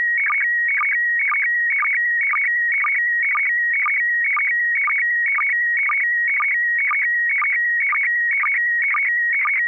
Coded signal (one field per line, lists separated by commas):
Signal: SSTV (slow-scan television)